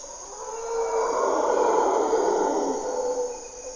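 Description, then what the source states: Mantled howler monkeys give a hoarse, rolling roar that swells to a peak midway and then eases off, with a steady high insect hum behind. Monos congos waking the jungle at morning twilight in Parque Nacional Corcovado, Osa Peninsula, Costa Rica; primary hardwood forest and deep river valley echoes.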